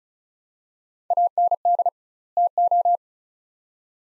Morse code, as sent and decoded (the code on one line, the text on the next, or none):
.- -. -.. / - ---
AND TO